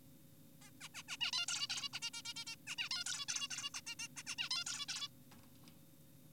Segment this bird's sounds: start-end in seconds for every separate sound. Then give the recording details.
0.62-0.70, 0.81-0.88, 0.94-1.03, 1.08-1.17, 1.21-1.31, 1.33-1.46, 1.48-1.68, 1.70-1.89, 1.93-2.00, 2.02-2.10, 2.14-2.22, 2.25-2.34, 2.36-2.45, 2.47-2.56, 2.67-2.76, 2.78-2.89, 2.91-3.04, 3.06-3.25, 3.29-3.48, 3.51-3.70, 3.74-3.81, 3.87-3.95, 4.00-4.08, 4.17-4.23, 4.27-4.36, 4.38-4.49, 4.51-4.64, 4.67-4.86, 4.89-5.08. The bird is an adult. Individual g4p5U